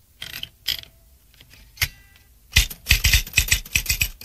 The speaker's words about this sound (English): Is Janet typing now? Yes, she is.